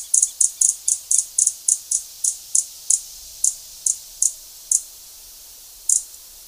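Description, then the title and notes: Gilded sapphire uttering a steady series of sharp, very high chips, about four per second at first, then slowing and spacing out toward the end. "Hylocharis chrysura. Áudio do pio do beija-flor-dourado . Fonte: WikiAves"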